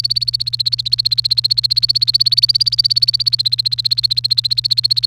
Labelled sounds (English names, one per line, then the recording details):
Domestic Canary song
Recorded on 29 April 2018 at 11:52
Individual llb3